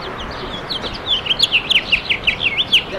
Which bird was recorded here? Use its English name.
House Finch